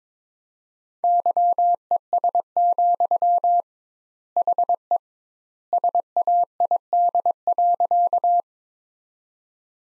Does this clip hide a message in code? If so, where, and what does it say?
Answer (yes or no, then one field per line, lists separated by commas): yes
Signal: Morse code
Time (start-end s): 1.0-8.4 s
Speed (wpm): 22 wpm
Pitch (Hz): 700 Hz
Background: none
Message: YES, HE SAID.